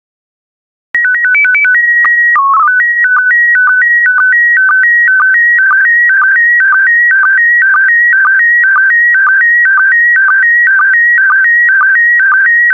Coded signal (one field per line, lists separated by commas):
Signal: SSTV (slow-scan television)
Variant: PD 120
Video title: 164022 Ocean Life SSTV PD120